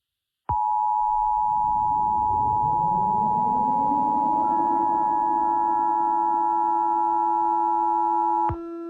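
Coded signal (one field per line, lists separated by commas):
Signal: Emergency Alert System (SAME) tones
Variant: 853 and 960 Hz attention tone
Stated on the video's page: Fictional EAS scenario about a zombie apocalypse.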